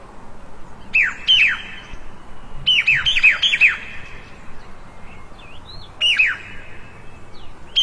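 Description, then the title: Birds squawking: loud, harsh notes sliding sharply downward, given in quick irregular clusters, with a few thinner wavering whistles and a steady background hiss. Two birds quarrelling in a plum orchard in the early morning. "清晨李子园里两只在争吵的鸟儿 ［声谷］"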